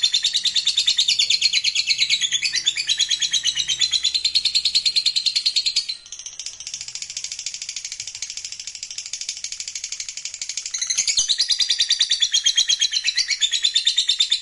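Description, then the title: Lovebird song, a continuous fast, harsh chatter of rapidly repeated high notes, turning softer for a while in the middle before rising again. Lovebird sound played to stimulate lovebirds. "Suara Lovebird"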